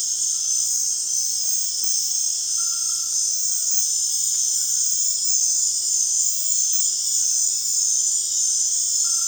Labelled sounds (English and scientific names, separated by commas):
none